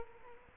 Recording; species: mosquito wingbeat signal from an infrared sensor; Culex quinquefasciatus